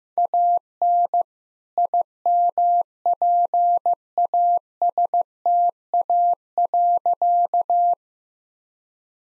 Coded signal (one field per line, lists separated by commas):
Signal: Morse code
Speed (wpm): 16 wpm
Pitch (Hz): 700 Hz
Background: none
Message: AN IMPASTA.